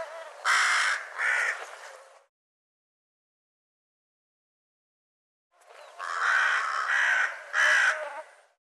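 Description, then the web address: Bird giving coarse, grating caws, two in a row, a silent gap of about three seconds, then several more. "cianscape birddata"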